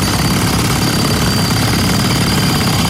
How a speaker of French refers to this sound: Y a rien qui résiste à un marteau-piqueur. Surtout pas des oreilles. L'exposition répétée au bruit sur un chantier de construction peut causer des problèmes d'audition et même rendre sourd.